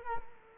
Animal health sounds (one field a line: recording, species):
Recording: mosquito wingbeat signal from an infrared sensor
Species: Culex quinquefasciatus